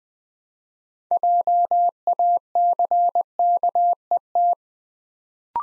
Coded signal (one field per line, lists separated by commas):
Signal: Morse code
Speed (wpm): 20 wpm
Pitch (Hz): 700 Hz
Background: none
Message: JACKET